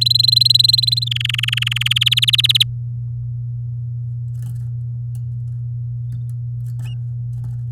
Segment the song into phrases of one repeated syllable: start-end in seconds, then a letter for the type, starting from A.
0.01-1.04 A, 1.06-1.93 B, 1.96-2.63 C